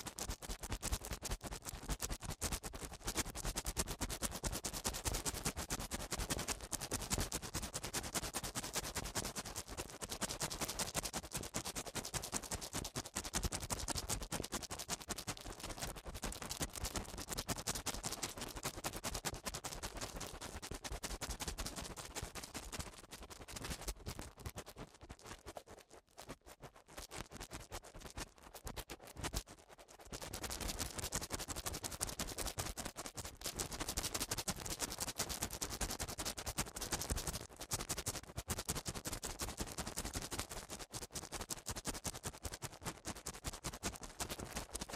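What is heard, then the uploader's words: Eardrum cleaning: a dense, continuous scratching and crackling rustle fills the whole clip, rough and full from low to bright. The scraping keeps an even loudness, easing briefly around 26 and 30 seconds before returning just as thick. Eardrum Cleaning (No Talking).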